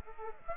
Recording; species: mosquito wingbeat signal from an infrared sensor; Aedes aegypti